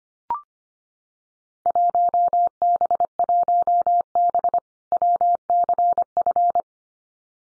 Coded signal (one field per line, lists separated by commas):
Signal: Morse code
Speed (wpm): 25 wpm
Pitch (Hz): 700 Hz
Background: none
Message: 1B1B WCF